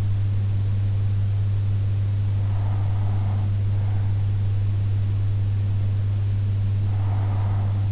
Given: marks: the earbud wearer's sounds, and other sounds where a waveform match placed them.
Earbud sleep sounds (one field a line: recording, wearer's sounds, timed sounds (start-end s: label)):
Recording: sounds in sleep by an in-ear microphone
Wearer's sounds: breath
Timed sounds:
2.93-4.93 s: breath
5.93-7.92 s: breath